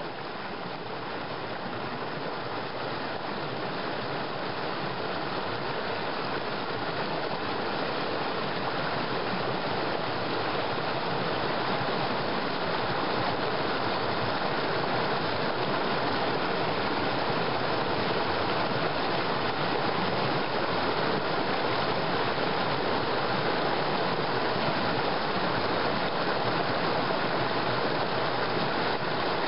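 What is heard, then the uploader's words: A small stream and waterfall pour steadily, a dense, continuous rush of water that stays even throughout, rising slightly in level over the first several seconds. The sound is full, spread from low rumble to bright hiss, with no other sounds standing out. Laos - waterfall and stream. A small stream and waterfall just outside Luang Namtha in northern Laos.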